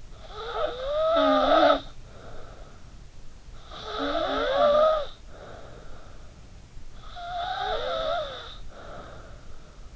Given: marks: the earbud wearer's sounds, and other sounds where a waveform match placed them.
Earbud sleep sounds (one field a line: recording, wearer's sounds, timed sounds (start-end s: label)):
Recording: sounds in sleep by an in-ear microphone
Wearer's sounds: snoring breath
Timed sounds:
0.00-6.48 s: snoring breath
6.71-9.85 s: snoring breath